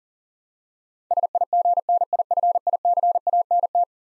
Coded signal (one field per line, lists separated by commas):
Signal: Morse code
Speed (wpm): 40 wpm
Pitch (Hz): 700 Hz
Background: none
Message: SIGNIFICANT